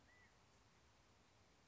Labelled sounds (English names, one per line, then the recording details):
California Quail
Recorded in Sonoma County, California